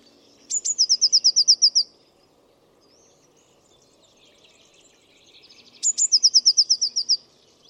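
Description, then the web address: Bird song, a sharp high note followed by a rapid series of about ten high, evenly spaced notes, given twice, over a low steady environmental hum. "Bird Only"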